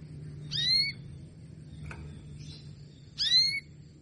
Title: Canto Para Esquentar Canário Belga. SUARA KENARI BETINA AMPUH memancing jantan malas bunyi kenari paud jadi gacor